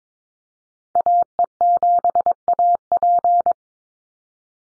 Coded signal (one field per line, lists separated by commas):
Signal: Morse code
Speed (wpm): 22 wpm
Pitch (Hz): 700 Hz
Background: none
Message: AE7AP